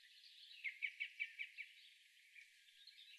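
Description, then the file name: Blue grosbeak singing a brief series of about six quick, clear notes close together, faint against a steady hiss. Recorded in Arizona on 22 June 2002. "BLGR 7 deviche"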